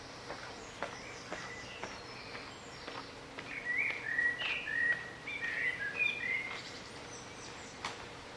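Bird song: a burst of jumbled twittering, chirping notes lasting about three seconds, with scattered clicks and faint ticking sounds before and after.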